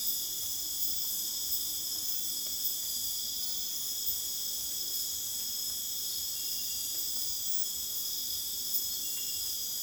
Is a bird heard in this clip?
no